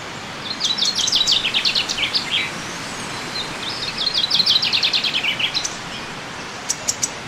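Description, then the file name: Common chaffinch singing two fast phrases of sharp repeated notes that fall in pitch, about three seconds apart, followed by brief high clicks. "Fringilla coelebs"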